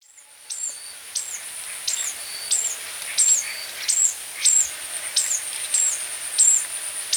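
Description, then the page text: Ruby-cheeked sunbird calls: thin, very high sharp notes that drop then level off, repeated roughly every two-thirds of a second over a steady high whine. "Ruby-Cheeked Sunbird Call. Quick Sounds"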